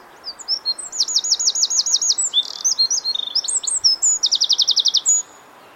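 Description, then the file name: Eurasian wren singing a loud, high, rapid phrase: a rattling trill, a tumble of sharp whistled notes, then a second fast trill to close. "Troglodytes troglodytes"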